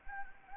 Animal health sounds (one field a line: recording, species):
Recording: mosquito wingbeat signal from an infrared sensor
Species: Anopheles gambiae